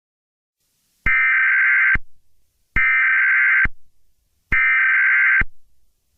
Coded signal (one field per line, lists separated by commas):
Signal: Emergency Alert System (SAME) tones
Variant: header bursts